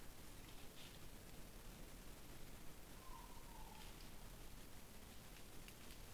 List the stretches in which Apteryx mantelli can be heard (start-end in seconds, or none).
none